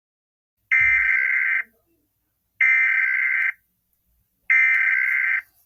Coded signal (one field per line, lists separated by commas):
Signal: Emergency Alert System (SAME) tones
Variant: header bursts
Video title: the Pacific Northwest squall from hell EAS scenario part 1